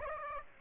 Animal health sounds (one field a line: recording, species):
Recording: mosquito wingbeat signal from an infrared sensor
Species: Aedes aegypti